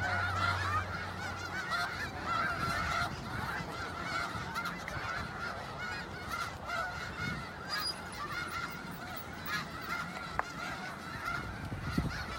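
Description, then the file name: Snow goose flock calling, many overlapping nasal honks forming a steady chorus, with a low rumble underneath at times. "Canto do gansos da neve"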